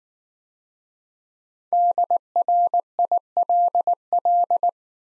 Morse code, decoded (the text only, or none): DRILL